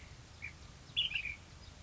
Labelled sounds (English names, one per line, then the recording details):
Ash-throated Flycatcher
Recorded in Sonoma County, California